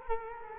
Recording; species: mosquito wingbeat signal from an infrared sensor; Culex quinquefasciatus